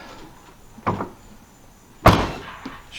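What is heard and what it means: After an OEM LCI tail light conversion on a BMW F30/F80, the car trunk lid is closed into its latch to check that it shuts without interference. A softer thump comes at about 0.9 seconds, then a loud, sharp slam at 2.1 seconds as the lid latches. The trunk lid latches shut cleanly, as confirmed.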